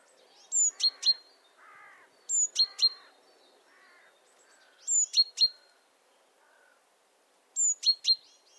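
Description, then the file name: Great tit repeating a high whistle followed by two sharp notes four times, with lower soft chirps in the gaps. "Parus major"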